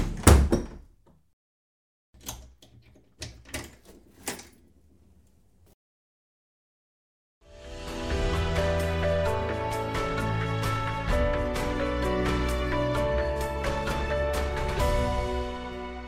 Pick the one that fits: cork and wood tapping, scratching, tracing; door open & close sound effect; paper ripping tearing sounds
door open & close sound effect